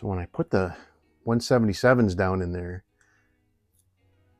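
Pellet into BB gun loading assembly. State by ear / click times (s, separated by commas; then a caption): seated / 3.0 s, 3.8 s. Someone talks, then a .177 pellet is dropped into the loading assembly of a Markham King model 1892 BB gun, where a small magnet is suspected. Faint clicks are heard at 3.0 s and 3.8 s as it goes down and seats in place.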